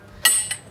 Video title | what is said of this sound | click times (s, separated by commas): 23Zero Woof Den Dog Swag | until that clicks into place and do that again with | 0.3 s